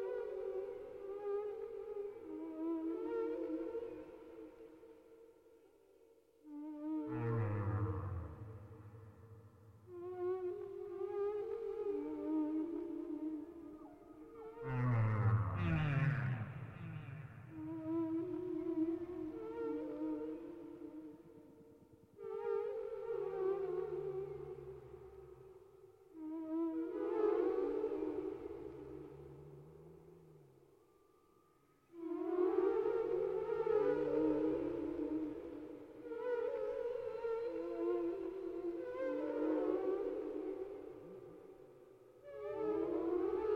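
Whale calls rise and fall in long, moaning tones, some with low rumbling swoops, repeating in slow waves with brief quiet gaps between.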